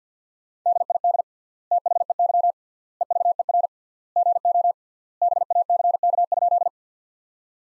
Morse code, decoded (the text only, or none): DID THEY EVER GO BACK?